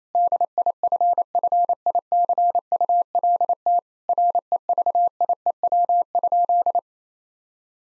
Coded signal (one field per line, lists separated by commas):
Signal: Morse code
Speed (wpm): 28 wpm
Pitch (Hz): 700 Hz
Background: none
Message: DIFFICULT REVIEW?